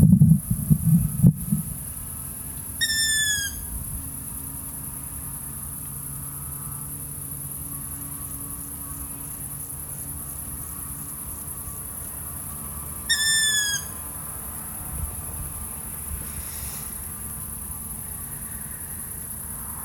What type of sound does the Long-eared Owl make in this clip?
call